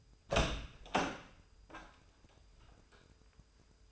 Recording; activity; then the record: daily activity, microphone in the room; open door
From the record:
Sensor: 2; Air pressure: 996.0 hPa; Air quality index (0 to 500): 36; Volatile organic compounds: 1 ppm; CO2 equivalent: 640 ppm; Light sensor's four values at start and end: 11/27/11/12 and 12/27/12/12